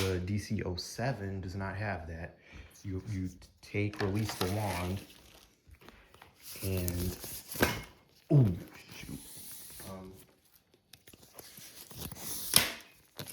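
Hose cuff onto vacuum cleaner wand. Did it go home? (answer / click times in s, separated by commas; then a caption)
yes / 12.6 s. Someone talks while the plastic hose cuff of a Dyson DC07 Animal upright vacuum is pulled all the way down onto the wand, with soft handling clicks along the way. A sharp click at 12.6 s marks the cuff clipping into place, fully seated on the wand.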